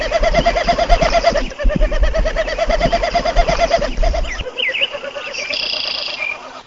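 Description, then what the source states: Snipe winnowing: a hollow, pulsing, fluttering tone repeated rapidly for several seconds, with low rumbling noise beneath and brief higher chirps near the end. Aerobatic display flight; fluttering sound made by wind through stiff, outstretched tail feathers as the bird dives, described as eerie and ethereal; Earth Day morning, flat foggy terrain.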